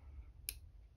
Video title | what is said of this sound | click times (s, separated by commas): Colt Python Revolver Mechanism Explained (Supplemental Video to Animation by Matt Rittman) | and you heard that click that was the bolt popping up into one of the stop notches there | 0.5 s